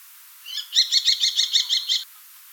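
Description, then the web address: Common kestrel giving a quick run of about eight shrill, piercing notes. "falco tinnunculus call"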